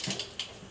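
After backing off, a sprinkler torque wrench is pulled again on a seated, installed fire sprinkler head and gives a confirmation double click at its setting, with sharp clicks at 0.2 s and 0.4 s. The double click confirms the torque is okay.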